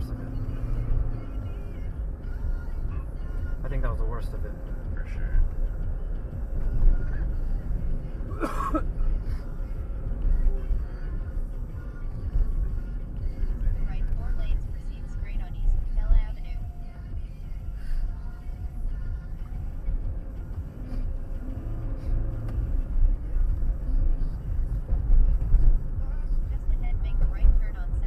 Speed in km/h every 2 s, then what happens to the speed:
47, 52, 56, 58, 52, 47, 39, 32, 24, 26, 32, 42, 47, 47.
0-4 speeds up to 56. 6-16 slows to 24. 16-23 speeds up to 47.